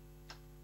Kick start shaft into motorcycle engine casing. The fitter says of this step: পর্যন্ত আমরা লাগিয়ে নিয়েছি কিন্তু দেখুন এখানে পুরোপুরি বসেনি